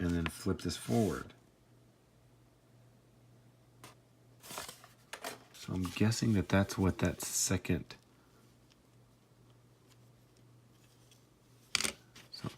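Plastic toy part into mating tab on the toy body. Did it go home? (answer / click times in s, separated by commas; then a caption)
no / none. Someone talks while transforming a Transformers Power of the Primes Roadtrap plastic robot toy, flipping parts forward and pushing a plastic part against a mating tab on the toy body to peg it in place. Soft plastic handling taps follow, with a sharp tap near 11.8 s. The part does not latch, and nothing has seated or clicked yet.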